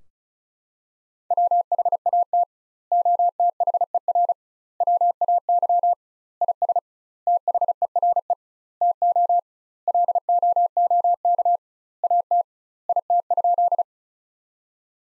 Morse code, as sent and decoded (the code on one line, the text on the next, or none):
.-- .... .- - / --- - .... . .-. / .-- .- -.-- / .. ... / - .... . .-. . / - --- / .-.. --- --- -.- / .- - / .. - ..--..
WHAT OTHER WAY IS THERE TO LOOK AT IT?